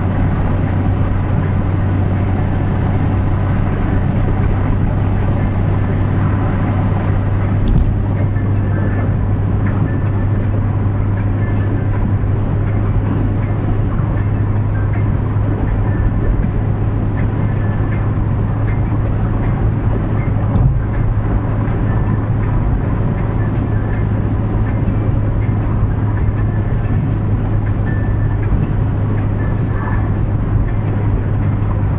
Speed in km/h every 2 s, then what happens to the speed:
109, 111, 113, 113, 115, 117, 117, 119, 121, 121, 122, 121, 121, 120, 117, 117.
0-19 speeds up to 122. 19-32 steady at about 120.